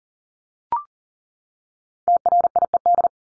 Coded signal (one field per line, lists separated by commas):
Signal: Morse code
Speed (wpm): 40 wpm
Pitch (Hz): 700 Hz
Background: none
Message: TRIED